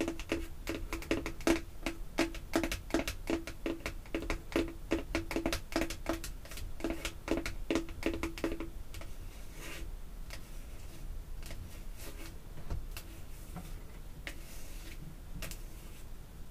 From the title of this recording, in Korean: 인조손톱 태핑 | 향수, 뚜껑 등